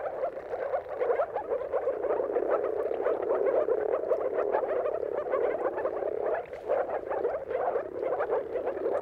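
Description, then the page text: Moor frogs in a dense chorus of soft, bubbling, low croaks that overlap continuously, with no other clear sounds. Chorus of many moor frogs giving mating calls at sunrise at the turn of March and April, its timing depending on the weather. "Dawn’s Chorus: Mating Calls of Marsh Frogs at Sunrise. Depending on the weather at the turn of March and April, you can witness an amazing spectacle of moor frogs. Jakub-Orzecki moor frogs"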